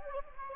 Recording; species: mosquito wingbeat signal from an infrared sensor; Anopheles gambiae